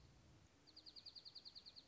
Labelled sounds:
Dark-eyed Junco

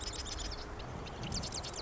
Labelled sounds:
Marsh Wren

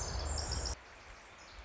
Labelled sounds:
Pacific Wren

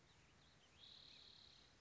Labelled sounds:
Spotted Towhee

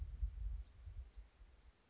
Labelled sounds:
Bewick's Wren

